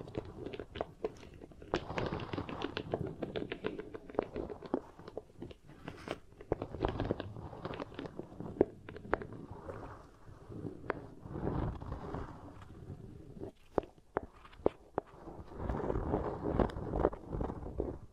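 Beeswax ear triggers: soft squishing, pressing and crackling sounds that run almost continuously, with dense clusters of small taps and sharp clicks. The texture swells and thins in waves, with brief quieter gaps around the middle and a louder stretch near the end.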